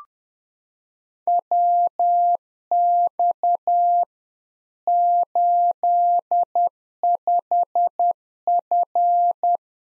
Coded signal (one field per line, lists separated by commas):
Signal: Morse code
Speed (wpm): 10 wpm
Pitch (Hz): 700 Hz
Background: none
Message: WX 85F